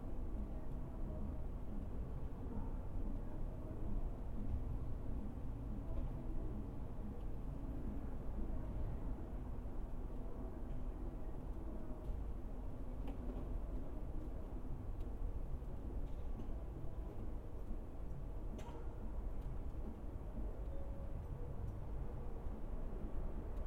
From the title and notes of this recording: A stereo recording of our backyard. The recording was made near one deciduous tree, and three evergreen trees, two living, one x-mas, next to the fence pictured above.